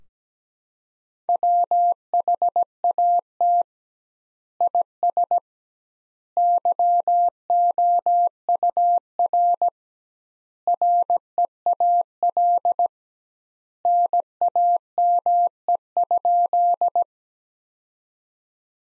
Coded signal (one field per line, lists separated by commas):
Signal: Morse code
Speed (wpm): 17 wpm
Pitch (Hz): 700 Hz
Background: none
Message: WHAT IS YOUR REAL NAME?